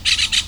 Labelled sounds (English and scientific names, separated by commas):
Brown-throated Parakeet (Eupsittula pertinax) contact call